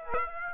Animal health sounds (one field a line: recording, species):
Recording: mosquito wingbeat signal from an infrared sensor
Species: Aedes aegypti